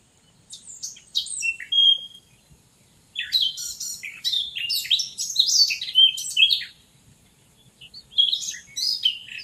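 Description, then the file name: Eurasian blackcap giving a varied, scratchy warbling song in separate phrases with short pauses, mixed chattering and whistled notes. "Sylvia atricapilla"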